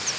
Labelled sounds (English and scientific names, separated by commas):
Northern Parula (Setophaga americana) flight call